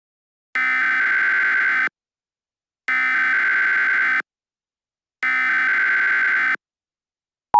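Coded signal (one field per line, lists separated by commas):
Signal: Emergency Alert System (SAME) tones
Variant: header bursts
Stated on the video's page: Fictional EAS scenario using valid EAS tones.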